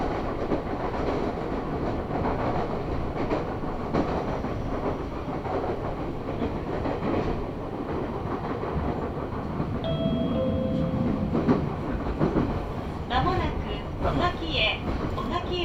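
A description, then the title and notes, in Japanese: Meitetsu Mikawa Line train rumbles steadily with dense low noise and clatter, a brief tonal squeal near ten seconds, brighter rattling toward the end. 名古屋鉄道 三河線（海線）碧南→知立。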